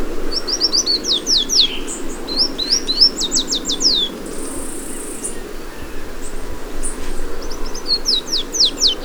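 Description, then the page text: Yellow warbler song: three bright, high phrases of quick down-slurred notes over a low steady hum. ""Los Colores que Cantan". "Canario de Mangle" "Yellow Warbler" Dendroica petechia"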